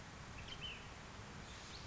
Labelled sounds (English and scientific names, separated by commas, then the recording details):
Ash-throated Flycatcher (Myiarchus cinerascens)
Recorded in Sonoma County, California